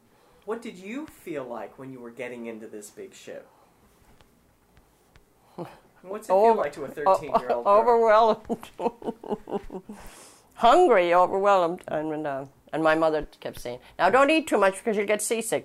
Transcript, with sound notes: What did you feel like when you were getting into this big ship? What's it feel like to a thirteen-year-old girl? [Laughs]
Hungry. Overwhelmed. And when I ---and my mother kept saying, "Now, don't eat too much because you'll get seasick.